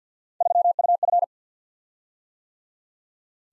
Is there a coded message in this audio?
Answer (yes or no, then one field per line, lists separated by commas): yes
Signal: Morse code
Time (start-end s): 0.4-1.2 s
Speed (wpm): 51 wpm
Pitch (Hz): 700 Hz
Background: none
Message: 3UF